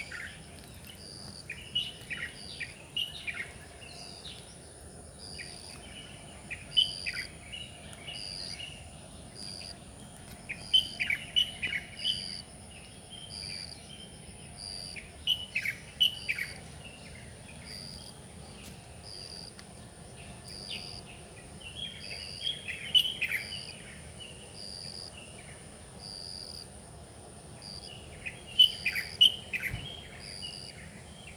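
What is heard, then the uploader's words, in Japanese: Birds sing in repeated bursts of bright, chirping phrases roughly every four to six seconds. A steady high insect-like whine runs throughout, with a soft low rumble of noise underneath. 知本老爺溫泉。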